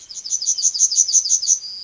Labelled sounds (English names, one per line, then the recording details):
Yellowhammer song
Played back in forest
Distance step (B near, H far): C
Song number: 169